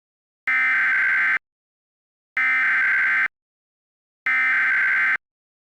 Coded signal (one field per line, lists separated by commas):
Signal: Emergency Alert System (SAME) tones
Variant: header bursts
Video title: EAS - Fire Really DOES Work!